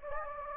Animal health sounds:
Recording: mosquito wingbeat signal from an infrared sensor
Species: Anopheles gambiae

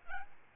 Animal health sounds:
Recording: mosquito wingbeat signal from an infrared sensor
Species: Aedes albopictus

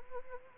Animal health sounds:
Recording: mosquito wingbeat signal from an infrared sensor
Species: Anopheles arabiensis

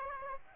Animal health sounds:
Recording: mosquito wingbeat signal from an infrared sensor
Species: Aedes aegypti

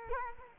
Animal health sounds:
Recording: mosquito wingbeat signal from an infrared sensor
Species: Culex quinquefasciatus

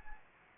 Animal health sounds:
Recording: mosquito wingbeat signal from an infrared sensor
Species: Anopheles gambiae

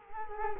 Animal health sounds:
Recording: mosquito wingbeat signal from an infrared sensor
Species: Culex quinquefasciatus

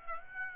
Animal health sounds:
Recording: mosquito wingbeat signal from an infrared sensor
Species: Aedes aegypti

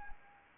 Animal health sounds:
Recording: mosquito wingbeat signal from an infrared sensor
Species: Anopheles arabiensis

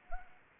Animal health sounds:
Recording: mosquito wingbeat signal from an infrared sensor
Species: Anopheles arabiensis

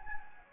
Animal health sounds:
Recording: mosquito wingbeat signal from an infrared sensor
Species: Anopheles gambiae

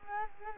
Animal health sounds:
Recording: mosquito wingbeat signal from an infrared sensor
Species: Culex quinquefasciatus

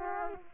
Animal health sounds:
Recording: mosquito wingbeat signal from an infrared sensor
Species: Culex quinquefasciatus

